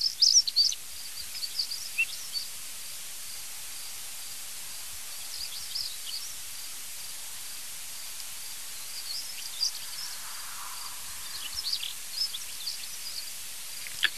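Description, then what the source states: European stonechat song: short, scratchy high phrases scattered throughout, over a steady high cricket trill and faint outdoor hiss. At least two, probably three birds singing in the morning in front of a field, about 80 cm above ground on thin grass stems; song described as silvery and delicate; a cricket also calls.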